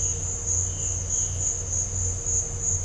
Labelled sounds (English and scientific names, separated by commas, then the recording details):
none
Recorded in dense forest near Puerto Asís, Putumayo, Colombia, on 4 March 2025 at 16:00
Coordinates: 0.468, -76.322
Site GP01